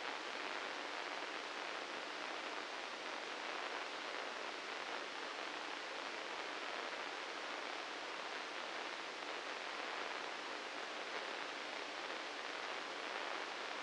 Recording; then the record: brain microelectrode recording played as sound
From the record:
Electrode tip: inside the subthalamic nucleus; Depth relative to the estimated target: -1 mm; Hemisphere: right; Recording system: NeuroSet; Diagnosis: Parkinson's disease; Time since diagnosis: 9 years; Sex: male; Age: 61 years